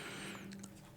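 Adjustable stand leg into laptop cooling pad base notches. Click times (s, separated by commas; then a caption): 0.5 s, 0.6 s. The adjustable plastic/metal stand leg of a Rosewill RWNB17B RGB laptop cooling pad is set into the notches of the pad's base, giving two short, sharp clicks at 0.5 s and 0.6 s over a steady low hum. The leg seats and locks into place, unlike another cooling pad that has nothing to hold its legs.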